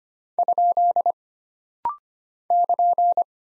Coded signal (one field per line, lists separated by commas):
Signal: Morse code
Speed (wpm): 25 wpm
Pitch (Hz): 700 Hz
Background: none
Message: ? <KN>